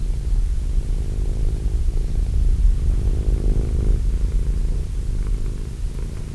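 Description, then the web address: Cat purr, a loud low vibrating rumble pulsing in a slow inhale and exhale rhythm. Cat named Wilson. "~pelikas CATSOUNDS Wilson Cat"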